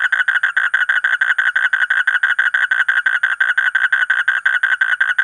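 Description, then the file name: Asian common toad calling continuously, a rapid, evenly repeated buzzy pulse train. "suara kodok bangkong kolong kodok buduk"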